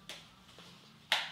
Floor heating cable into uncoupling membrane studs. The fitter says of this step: so when it goes in you can actually hear it lock